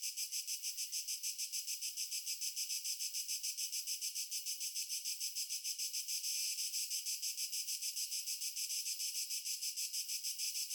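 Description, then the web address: Crickets chirping, high steady pulses repeated rapidly, continuous throughout with no other sounds. Nature ambience. "Stefano Cremona - Pure Nature Ambiences Crickets"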